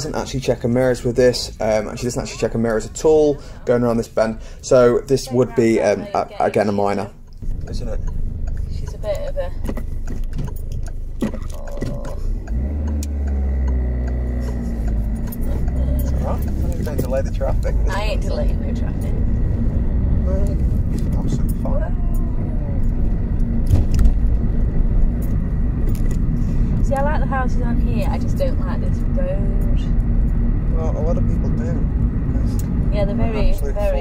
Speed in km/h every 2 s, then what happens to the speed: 31, 23, 18, 10, 3, 2, 15, 19, 29, 34, 37, 44, 44, 45, 47, 47, 47.
0-7 brakes to 3. 10-22 pulls away to 44. 22-34 steady at about 45.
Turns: 10-15.